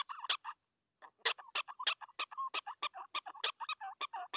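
Prairie dog barking call: sharp, chirpy notes repeated in a quick, uneven series after a brief pause, each with a bright upper edge over a lower tone.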